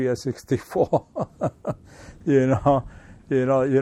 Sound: laughs

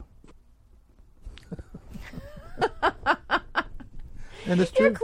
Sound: laughter

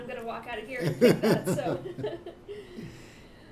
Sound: both laugh

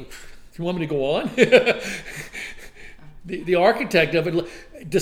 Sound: laughs

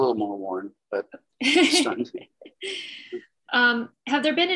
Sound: laughs

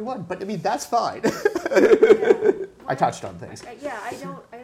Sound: laughs

